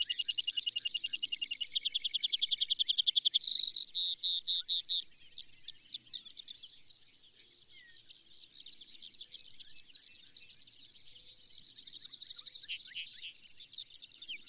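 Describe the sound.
Brewer's sparrow song, a loud buzzy trill and rattle, then a softer stretch of varied high trills that grows louder again toward the end.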